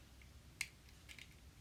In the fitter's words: push it until it clicks into place and then